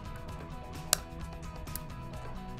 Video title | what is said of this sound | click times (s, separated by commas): SCOTT Prospect WFS Works Film System Installation Tutorial | After you do that, you hear the click, you want to go over to the motor side. | 0.9 s